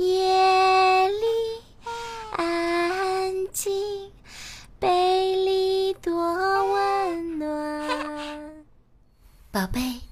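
A baby cries in long, high, wailing bursts, each cry holding a steady pitch before sliding or breaking off. Short gaps and catches of breath separate the cries, the loudest coming in the first seven seconds, then the crying fades before a brief sharp sound near the end.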